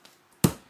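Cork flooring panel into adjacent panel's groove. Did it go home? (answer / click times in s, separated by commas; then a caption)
yes / 0.4 s. An interlocking cork flooring panel is pressed down with the palms into the adjacent panel's groove, with a faint tap near 0.1 s and then a sharp, deep, low-pitched snap at 0.4 s that quickly fades. The tongue and groove lock and the panel seats: the deep rather than hollow sound means it is locked, and the seams have disappeared.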